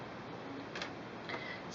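The black button on the back of a sewing machine's presser-foot shank is pressed, and the metal snap-on presser foot releases from the shank and drops off. Two clicks are heard at 0.8 s and 1.3 s over a steady low background. The foot is released.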